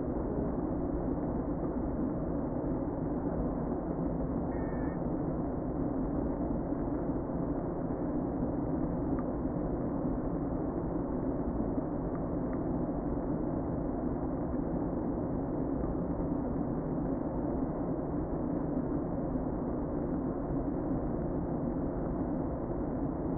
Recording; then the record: honeybee colony, microphone inside the hive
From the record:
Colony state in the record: queen present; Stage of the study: before two queens were removed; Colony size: about 60,000 bees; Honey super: yes